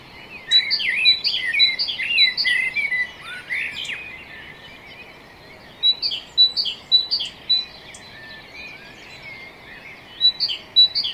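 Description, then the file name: Great tit song: a high clear note dropping to a lower one, repeated about twice a second in bursts. "Parus major"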